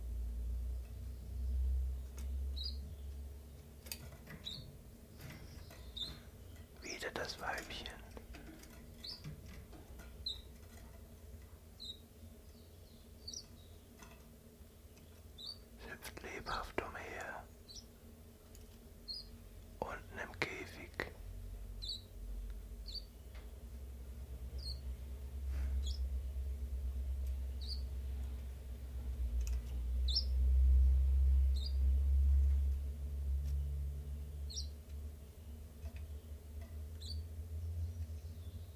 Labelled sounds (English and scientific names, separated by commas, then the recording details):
Common Chiffchaff (Phylloscopus collybita)
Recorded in captivity
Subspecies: collybita
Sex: male
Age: adult
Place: Zoologisches Institut Universität Tübingen, Baden-Württemberg, DE
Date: 1963-03-12
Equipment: LGS26
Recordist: Schneider, Hans-Joachim
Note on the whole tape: Rivalengesänge. Ein Paar (Männchen: blau gelb/gelb, im Verlauf der Aufnahme als A bezeichnet, Weibchen: blau gelb/grün, im Verlauf der Aufnahme als B bezeichnet). Es stellt sich heraus, dass es sich bei dem Paar um zwei Männchen handelt. MaAs: M.Sch